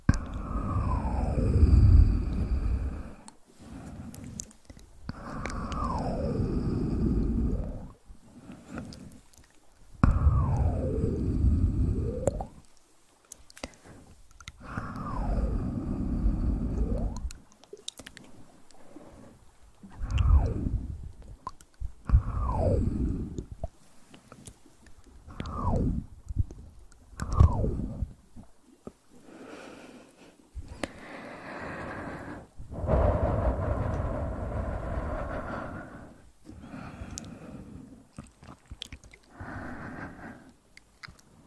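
Ear massage sounds: deep, muffled rubbing strokes come in repeated waves about every two to three seconds, each with a swooping rise and fall in pitch. Short silent gaps separate the strokes, and near the end the rubbing turns denser and brighter without the swoops.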